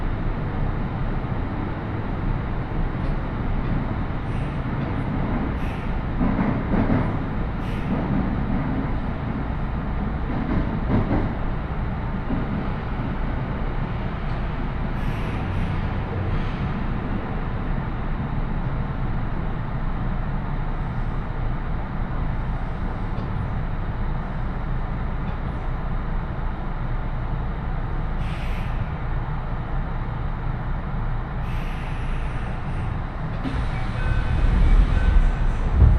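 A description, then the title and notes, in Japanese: A train ride on the line from Shiomibashi toward Namba and Daimotsu: a steady, dense low rumble of the moving carriage runs throughout. Brief bright clicks and squeals appear now and then, around 5–8, 15 and 28–35 seconds, and the noise swells near the end. 鉄道旅 汐見橋→岸里玉出→なんば→大物。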